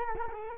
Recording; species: mosquito wingbeat signal from an infrared sensor; Culex quinquefasciatus